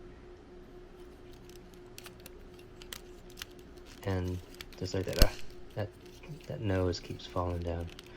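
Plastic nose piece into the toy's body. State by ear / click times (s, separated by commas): not seated / none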